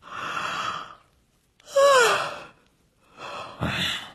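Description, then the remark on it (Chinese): Tonks, too tired to take another night shift, gives a big, breathy yawn in three drawn-out waves: an airy intake, a loud stretched middle with a voiced pitch that rises and sags, then a final heavy exhale. “唐克斯说着，又打了一个大大的哈欠。”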